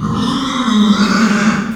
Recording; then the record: squeal of a Yucatan mini pig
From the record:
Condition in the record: after surgery on the right vocal fold (resection and tissue-engineered implant); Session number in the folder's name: 14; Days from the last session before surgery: 133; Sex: female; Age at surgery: 19 weeks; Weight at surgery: 25 kg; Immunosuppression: prednisolone